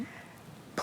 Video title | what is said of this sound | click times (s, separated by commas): LaZBoy Trouper Plus Manual Rocker Recliner | But you lower the handle and you'll hear a big click. | 0.8 s